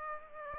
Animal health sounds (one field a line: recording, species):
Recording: mosquito wingbeat signal from an infrared sensor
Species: Aedes aegypti